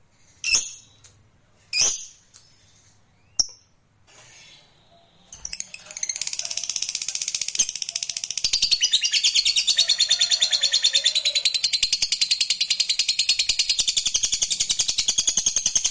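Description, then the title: Lovebird with several isolated sharp chirps before launching into a sustained fast high chattering trill lasting about ten seconds. Fighter lovebird performing ngekek panjang, a long trill. "Suara Lovebird FIGHTER NGEKEK PANJANG"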